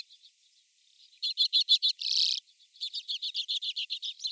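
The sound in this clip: Common redpoll song of rapid chattering notes that build into a dense buzzy burst, then resume as a quick, even twitter.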